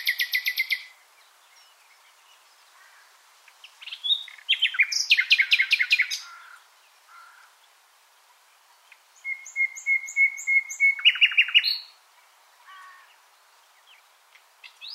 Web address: SETE Luscinia megarhynchos